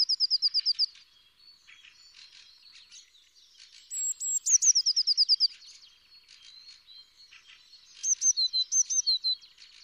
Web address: Blue Tit